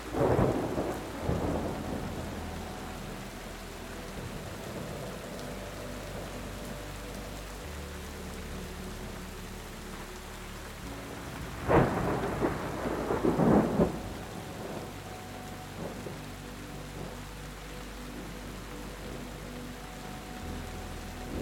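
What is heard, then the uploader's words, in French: Thunder rumbles over steady rain while a soft melody of long, sustained notes drifts in the background. The thunder swells at the start and again around the twelfth to fourteenth seconds. Between the rolls, the rain hiss and the gentle held tones carry on evenly. TONNERRE et MUSIQUE en Harmonie. Le grondement apaisant du tonnerre se mêle à des mélodies douces.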